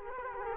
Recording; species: mosquito wingbeat signal from an infrared sensor; Culex quinquefasciatus